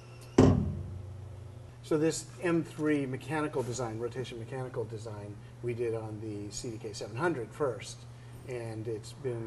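A telescope's M3 tertiary mirror rotator, driven by a single motor, runs up against its mechanical stop, where a magnet pulls it home. It lands with a sharp, hard clunk at 0.4 s, seating against the magnetic stop, and the same M3 rotation design was first used on the CDK-700. Afterward someone talks.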